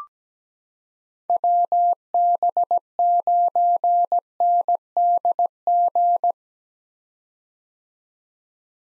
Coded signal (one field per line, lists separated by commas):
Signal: Morse code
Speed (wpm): 17 wpm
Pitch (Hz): 700 Hz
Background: none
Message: WB9NDG